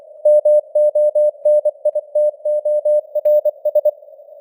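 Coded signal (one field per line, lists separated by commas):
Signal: Morse code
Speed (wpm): 24 wpm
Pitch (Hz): 600 Hz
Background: none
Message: MONITORS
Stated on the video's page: News headlines sent in Morse at 24 wpm, with simulated radio noise and varying signal strength (QSB).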